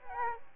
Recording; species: mosquito wingbeat signal from an infrared sensor; Aedes albopictus